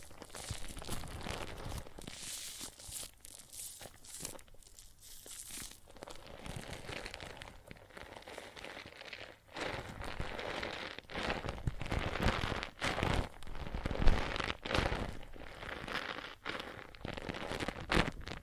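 Soapy water and foam make a dense, crackling fizz of tiny pops and wet squelches that runs through the whole 18 seconds. It grows louder after the midpoint, with sharper clicks and brief bursts around 12 and 14 seconds, and short quiet dips between.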